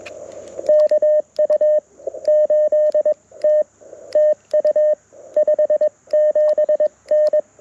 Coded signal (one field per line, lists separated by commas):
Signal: Morse code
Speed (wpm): 21 wpm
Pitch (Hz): 610 Hz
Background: none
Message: KU8T TU 57N